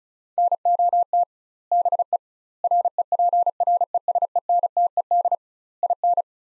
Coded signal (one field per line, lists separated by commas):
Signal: Morse code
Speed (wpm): 36 wpm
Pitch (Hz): 700 Hz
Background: none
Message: NOT BE REPRESENTED IN